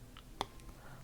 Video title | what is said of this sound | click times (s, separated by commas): DeAgostini ISS Model - (Stages 21-22) | there and that's a pretty snug solid fit oh there yeah you even heard it snap so so okay so that's a solid fit right there | 0.4 s